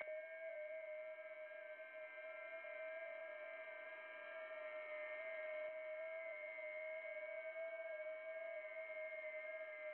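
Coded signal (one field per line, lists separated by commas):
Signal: FT8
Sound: several faint steady warbling tones at once, with one stronger low tone, over hiss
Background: radio static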